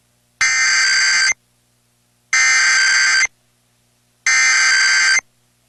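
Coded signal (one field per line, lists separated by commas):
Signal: Emergency Alert System (SAME) tones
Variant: header bursts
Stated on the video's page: Required Monthly Test EAS tones broadcast on an FM station in Anchorage, Alaska.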